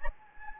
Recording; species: mosquito wingbeat signal from an infrared sensor; Anopheles gambiae